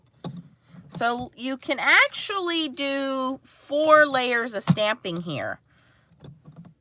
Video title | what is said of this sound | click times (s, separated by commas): Day 9 of 12 days of Xmas giveaways - Free Stampin up shipping | They just snap right in like that. | 0.2 s